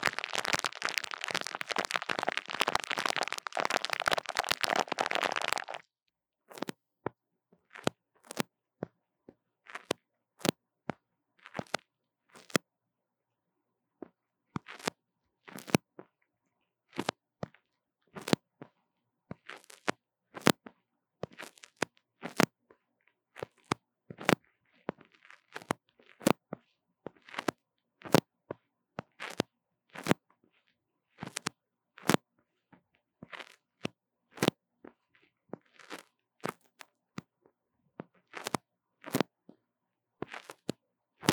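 Dry tapping and scratching on a small microphone. The first six seconds are a dense, continuous scratchy rubbing; after that come sharp, separate taps and clicks at an irregular pace, sometimes in quick clusters, with silence between them.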